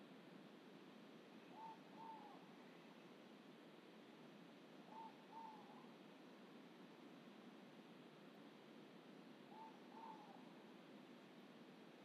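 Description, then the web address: Ivory-breasted pitta calling with double whistled notes, two mellow hoots close together, repeated three times roughly every three to five seconds amid constant background noise. "ULM-DS-Lab indonesian-bird-sounds. Pitta maxima"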